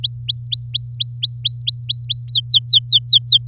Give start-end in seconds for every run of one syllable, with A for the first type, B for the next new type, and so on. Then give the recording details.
0.03-2.24 A, 2.28-3.47 B. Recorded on 8 May 2018 at 13:02. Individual llb16